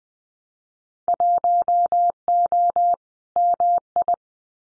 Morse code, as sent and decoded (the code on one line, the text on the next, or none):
.---- --- / -- ..
1O MI